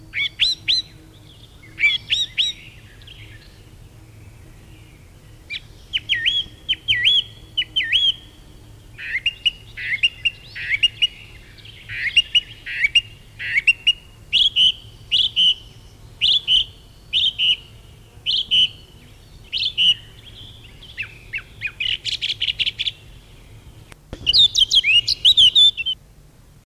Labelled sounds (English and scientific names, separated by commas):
Song Thrush (Turdus philomelos) song